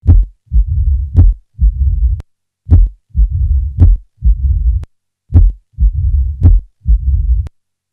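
Heart sounds played at a slower speed, three regular cycles: sharp, loud clicks separating long, low-pitched rumbling murmurs that fill the gaps between them. This is the murmur of mitral stenosis, a low diastolic rumble with snapping sounds caused by a narrowed mitral valve.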